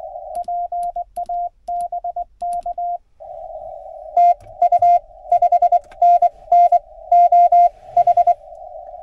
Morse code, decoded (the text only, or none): PA BK TU 5NN OH